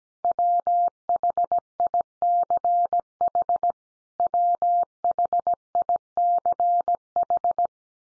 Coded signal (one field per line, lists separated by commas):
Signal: Morse code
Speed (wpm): 17 wpm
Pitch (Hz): 700 Hz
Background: none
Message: WHICH WHICH